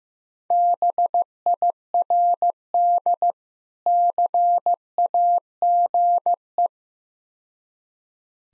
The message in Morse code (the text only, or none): BIRD CAGE